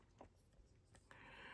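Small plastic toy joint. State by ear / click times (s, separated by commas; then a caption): seated / 1.0 s, 1.1 s. The lower leg section of a plastic Transformers Age of the Primes Cliffjumper (TFP) transforming robot toy is rotated forward, with a soft knock at 0.2 s followed by sharp plastic clicks at 1.0 s and 1.1 s. After the last click a steady broadband hiss continues, and the leg section is seated, locked into place.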